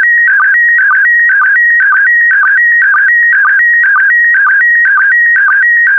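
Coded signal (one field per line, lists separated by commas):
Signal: SSTV (slow-scan television)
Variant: PD120 mode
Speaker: complete you can now check your decoded image against the picture that is shown on the video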